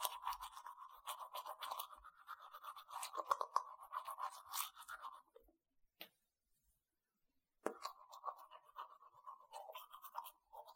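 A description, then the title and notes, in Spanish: Someone brushes their teeth with quick, rapid scrubbing strokes, a dense scratchy rasp that runs steadily for about five seconds. The brushing stops, leaving near silence broken by a single click around six seconds, then resumes at about eight seconds and continues to the end. ASMR Cepillo mis dientes.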